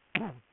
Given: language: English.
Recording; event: throat vibration sensor signal played as sound; throat clearing